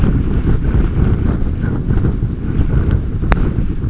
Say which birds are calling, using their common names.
none